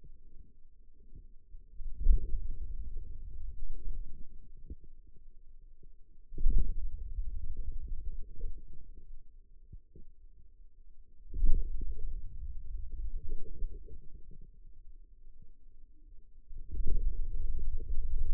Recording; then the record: forearm muscle sounds (acoustic myography)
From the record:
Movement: hand closing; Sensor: system 2, bracelet of six BSWA MPA416 microphones around the upper forearm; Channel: 3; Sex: male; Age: 22 years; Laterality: right